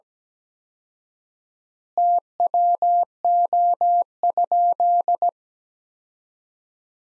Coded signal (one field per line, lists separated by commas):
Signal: Morse code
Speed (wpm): 17 wpm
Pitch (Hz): 700 Hz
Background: none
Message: TWO?